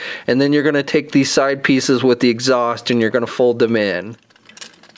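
Someone talks while handling the plastic exhaust side pieces on the backpack of a Transformers MP-28 Hot Rodimus robot figure, about to fold them in. After the talking stops around 4.1 s, a few faint handling ticks are heard near the end. Nothing has seated or clicked into place yet.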